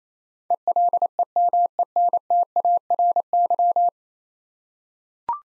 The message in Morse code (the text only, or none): ELEMENTARY